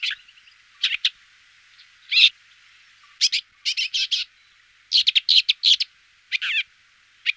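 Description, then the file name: Woodchat shrike song: scratchy, chattering phrases of short harsh notes in bursts, with brief pauses between groups. "ťuhýk rudohlavý"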